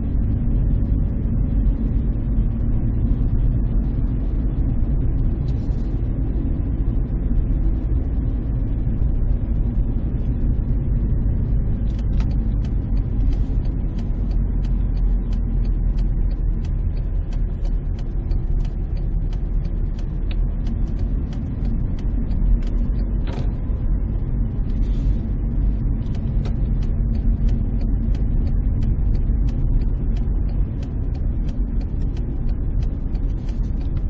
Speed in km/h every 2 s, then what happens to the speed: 25, 26, 26, 27, 26, 24, 22, 19, 18, 18, 19, 22, 23, 24, 22, 22, 21.
0-6 steady at about 26. 6-15 slows to 18. 15-26 steady at about 19.